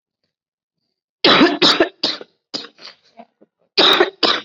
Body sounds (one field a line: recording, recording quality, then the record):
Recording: heavy voluntary cough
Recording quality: excellent, no background noise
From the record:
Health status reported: COVID-19 positive, mild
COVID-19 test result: positive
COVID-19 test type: rapid antigen test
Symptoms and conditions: cough, fatigue, muscle pain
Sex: male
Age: 25 years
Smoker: no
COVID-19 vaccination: both doses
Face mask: worn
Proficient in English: yes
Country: India